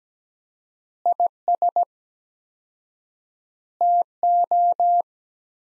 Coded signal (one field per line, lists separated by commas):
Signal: Morse code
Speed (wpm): 17 wpm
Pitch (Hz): 700 Hz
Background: none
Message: IS TO